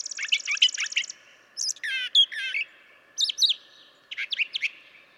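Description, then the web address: Brown Thrasher song opening with a dry rapid rattle, then chirping and buzzy phrases separated by short pauses. "birdsongforthecurious Brown Thrasher"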